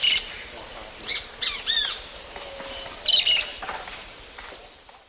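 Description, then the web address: Tui parakeet calls: shrill, squeaky chattering notes, some curving up and down, in several bursts, with a steady high hiss in the background. Recorded in the eastern lowlands of South America. "Natures Songs S America Eastern Lowlands. Tui Parakeet"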